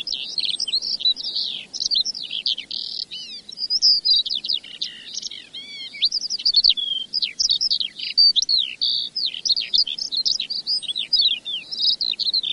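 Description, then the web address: Eurasian skylark song: a continuous, rapid, high warbling stream of trills and chirps, pouring out without pause throughout. "earth naturelibrary. skylark"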